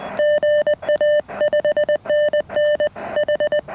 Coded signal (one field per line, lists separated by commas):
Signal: Morse code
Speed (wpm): 21 wpm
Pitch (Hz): 600 Hz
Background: music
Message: GA 5NN H